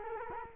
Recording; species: mosquito wingbeat signal from an infrared sensor; Culex quinquefasciatus